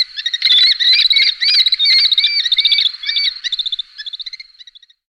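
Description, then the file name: Falcon calls: loud, wailing squeals running together, then breaking into a fading series of short, rapid notes near the end. "ptica sokol"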